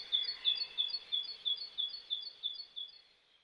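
Great tit song: a steady run of about ten clear, high see-saw phrases at an even quick pace, fading out at the end.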